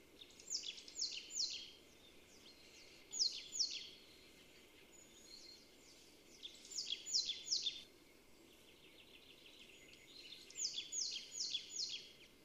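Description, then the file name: Marsh tit notes in short rapid clusters, high and downslurred, recurring several times over steady background hiss. "Poecile palustris"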